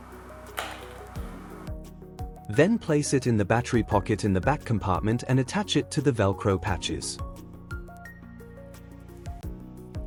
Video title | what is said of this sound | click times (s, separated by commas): Xsens Tutorials - Prepare Xsens Link hardware | Align the red dots on the hub and battery connectors and gently push until you hear a click. | 0.6 s